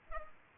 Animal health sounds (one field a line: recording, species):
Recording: mosquito wingbeat signal from an infrared sensor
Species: Culex pipiens